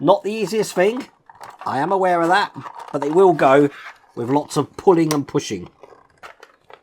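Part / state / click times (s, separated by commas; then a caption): plastic model body section lugs into mating section / seated / 6.4 s, 6.7 s. Two plastic halves of a 1:2 scale xenomorph alien model's tail/abdomen section are pushed and pulled together while someone talks. The locating lugs clip into the mating section with small, sharp clicks at 6.4 s and 6.7 s, and the parts are seated.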